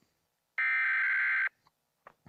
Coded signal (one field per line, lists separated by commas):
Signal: Emergency Alert System (SAME) tones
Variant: header bursts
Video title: Watching EAS Scenarios, again